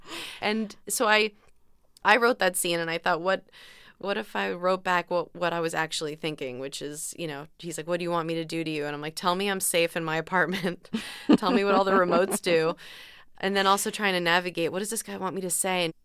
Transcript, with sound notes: And so I wrote that scene, and I thought what if I wrote back what I was actually thinking, which is, you know, he's like what do you want me to do to you, and I'm like tell me I'm safe in my apartment.
(LAUGHTER)
Tell me what all the remotes do. And then also trying to navigate what does this guy want me to say.